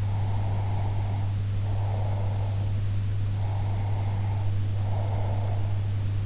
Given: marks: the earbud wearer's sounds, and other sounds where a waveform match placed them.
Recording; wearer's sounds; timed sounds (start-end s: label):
sounds in sleep by an in-ear microphone; breath
0.00-2.72 s: breath
3.29-5.72 s: breath